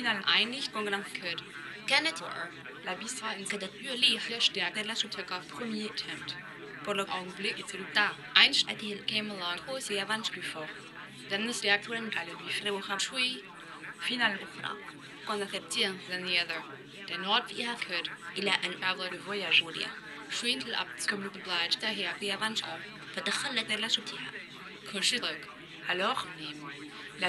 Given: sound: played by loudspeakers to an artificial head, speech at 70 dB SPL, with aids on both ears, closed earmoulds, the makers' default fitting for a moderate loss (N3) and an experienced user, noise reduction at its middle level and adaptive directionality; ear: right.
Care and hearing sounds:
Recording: speech test signal (ISTS) in cocktail-party noise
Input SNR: +3 dB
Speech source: on the right (90 degrees)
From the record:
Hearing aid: class 1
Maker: E

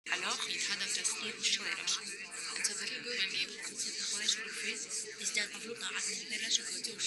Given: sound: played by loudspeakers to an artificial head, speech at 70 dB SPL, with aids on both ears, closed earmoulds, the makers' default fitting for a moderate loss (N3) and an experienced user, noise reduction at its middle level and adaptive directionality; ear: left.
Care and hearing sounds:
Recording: speech test signal (ISTS) in cocktail-party noise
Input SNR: -6 dB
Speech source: in front (0 degrees)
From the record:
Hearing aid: class 1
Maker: H

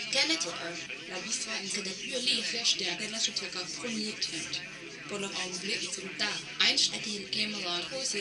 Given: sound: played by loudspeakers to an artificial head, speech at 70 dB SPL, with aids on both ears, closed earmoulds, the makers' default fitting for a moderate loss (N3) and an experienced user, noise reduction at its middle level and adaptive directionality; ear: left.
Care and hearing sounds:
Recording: speech test signal (ISTS) in cocktail-party noise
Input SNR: +6 dB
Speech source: on the right (90 degrees)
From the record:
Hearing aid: class 1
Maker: B

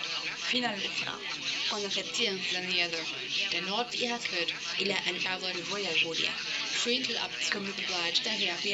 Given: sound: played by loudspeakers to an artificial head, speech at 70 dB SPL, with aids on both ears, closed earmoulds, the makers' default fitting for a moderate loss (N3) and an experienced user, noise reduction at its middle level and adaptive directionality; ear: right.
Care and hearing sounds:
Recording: speech test signal (ISTS) in cocktail-party noise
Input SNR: +6 dB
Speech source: in front (0 degrees)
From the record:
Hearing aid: class 1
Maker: A

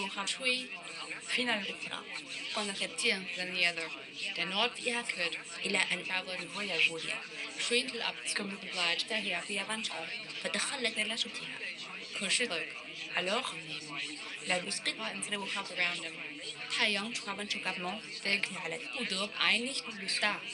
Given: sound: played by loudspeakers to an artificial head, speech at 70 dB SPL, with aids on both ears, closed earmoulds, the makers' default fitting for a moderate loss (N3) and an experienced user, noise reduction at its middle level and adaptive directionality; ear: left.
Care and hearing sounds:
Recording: speech test signal (ISTS) in cocktail-party noise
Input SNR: +3 dB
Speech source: in front (0 degrees)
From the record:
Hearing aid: class 2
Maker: I

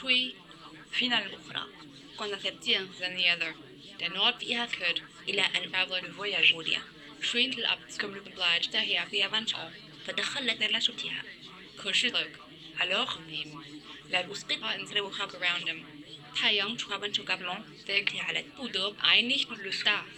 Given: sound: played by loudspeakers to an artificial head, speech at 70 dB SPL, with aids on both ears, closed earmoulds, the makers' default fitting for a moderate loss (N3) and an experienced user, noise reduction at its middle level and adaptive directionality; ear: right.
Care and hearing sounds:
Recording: speech test signal (ISTS) in cocktail-party noise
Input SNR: +6 dB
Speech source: in front (0 degrees)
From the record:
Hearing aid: class 1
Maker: C

